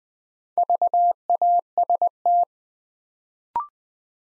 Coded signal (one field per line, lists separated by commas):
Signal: Morse code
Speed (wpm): 20 wpm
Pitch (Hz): 700 Hz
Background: none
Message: VAST